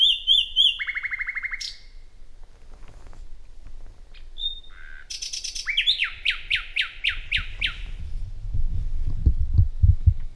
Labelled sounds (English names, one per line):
Common Nightingale song